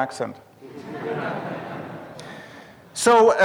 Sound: laughter